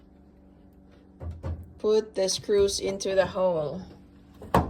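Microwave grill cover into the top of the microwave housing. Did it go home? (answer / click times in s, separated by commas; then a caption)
yes / 4.6 s. A microwave grill cover on a Tapan TMV151FB microwave is pressed further into the top of the microwave housing while someone talks. It snaps home with one strong, sharp click at 4.5 s, its second click, and is seated.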